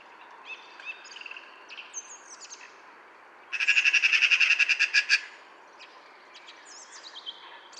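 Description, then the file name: Eurasian magpie rattle, one dry burst of rapid chattering notes lasting under two seconds, with scattered thin whistled chirps before and after. "Pica pica"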